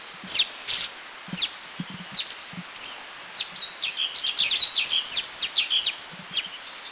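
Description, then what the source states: Orange-bellied leafbird uttering scattered sharp high notes and short downslurred whistles, becoming a busier chatter midway, with faint low knocks underneath. Recorded in Thailand.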